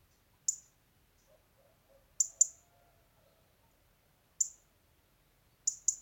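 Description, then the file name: European robin making six hard, high-pitched ticks, single and in quick pairs, spread over about six seconds with silence between. "Erithacus rubecula"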